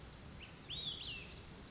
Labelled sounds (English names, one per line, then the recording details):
Olive-sided Flycatcher
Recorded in Sonoma County, California